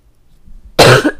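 A single sharp, harsh cough bursts out after a quiet stretch, from an adult with a cold.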